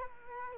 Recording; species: mosquito wingbeat signal from an infrared sensor; Culex quinquefasciatus